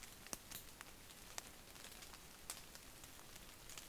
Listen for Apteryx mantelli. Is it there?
no